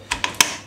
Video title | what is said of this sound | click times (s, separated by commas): Montaje de una placa base, CPU, memoria, disco y cableado. | hace un clic, ya está colocada. | 0.4 s